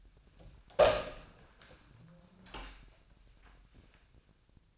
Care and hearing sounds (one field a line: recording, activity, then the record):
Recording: daily activity, microphone in the room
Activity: open door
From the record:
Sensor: 2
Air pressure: 1009.1 hPa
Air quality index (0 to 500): 188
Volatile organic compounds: 3 ppm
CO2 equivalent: 1364 ppm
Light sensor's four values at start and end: 30/79/33/35 and 30/79/33/35